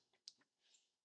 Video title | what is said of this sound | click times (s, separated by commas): 5th Gen Ram 1500 Full LED Conversion. Auxito LED Bulbs | You hear that click, and we're gonna close this lock, and | 0.3 s